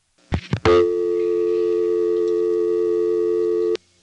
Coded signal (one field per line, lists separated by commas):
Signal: telephone call progress tone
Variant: North America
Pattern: dial tone